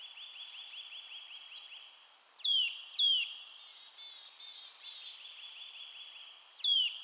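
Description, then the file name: Eurasian nuthatch calls: piercing falling whistles repeated over a steady soft buzzing trill that runs through most. "Sitta europaea"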